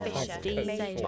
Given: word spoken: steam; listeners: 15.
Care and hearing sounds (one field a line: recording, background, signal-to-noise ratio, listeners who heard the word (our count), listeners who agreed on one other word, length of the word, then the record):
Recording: one English word in noise, from a listening test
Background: four-talker babble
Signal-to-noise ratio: -1.9 dB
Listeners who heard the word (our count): 2 of 15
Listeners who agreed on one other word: 11 of 15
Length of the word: 0.68 s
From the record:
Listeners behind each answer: 11, 2, 2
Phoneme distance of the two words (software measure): 40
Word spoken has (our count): 1 syllable, 4 phonemes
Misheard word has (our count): 2 syllables, 4 phonemes, stress on syllable 1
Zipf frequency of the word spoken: 4.39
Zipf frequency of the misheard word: 3.75